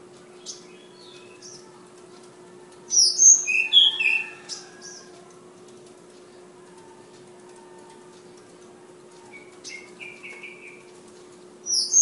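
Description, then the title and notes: Flowerpecker giving a quick burst of sharp high chirps and short whistles, a quieter series of soft notes later, and more high chirps at the end, over steady hum. Tledekan (flowerpecker) song of a bird named Ababil, from Kudus; local name also Sulingan. "Tledekan/Sulingan ABABIL. Suara Burung Tledekan Ababil dari Kudus"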